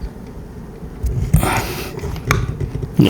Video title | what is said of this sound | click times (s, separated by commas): My Dishwasher Wouldn’t Drain… I Replaced the Pump — That Wasn’t the Problem | There you go, heard the click. | 2.3 s